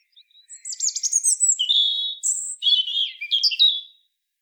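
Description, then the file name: European robin song, a run of high thin whistles and rapid twittering trills, shifting in pitch over about three and a half seconds, in an otherwise quiet setting. "Erithacus rubecula"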